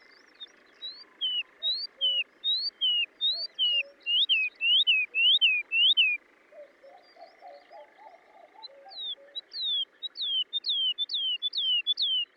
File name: British Library - ZHavoronok Lesnoj (Zvyki com)